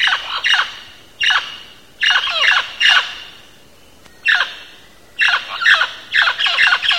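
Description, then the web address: Mealy parrot screeching: harsh, raspy squawks in repeated bursts, with brief silent gaps and several calls run closely together. Recorded in Belize. "belize birds birdsongs mealy-parrot"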